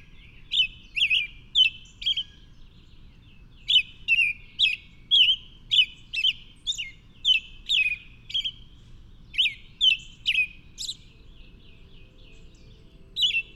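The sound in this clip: Bird singing repeated high, sharp chirps and slurred notes in quick runs, separated by pauses; otherwise quiet background.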